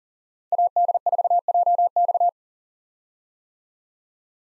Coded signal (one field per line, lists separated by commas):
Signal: Morse code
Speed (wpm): 38 wpm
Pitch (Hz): 700 Hz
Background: none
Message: AD4JX